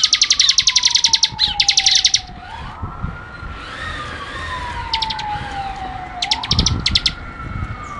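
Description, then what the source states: Bar-winged prinia rapid song, fast bursts of high ticking notes in the first two seconds, then fainter bursts, over a wailing siren rising and falling. Ngebren style: rapid song of the ciblek.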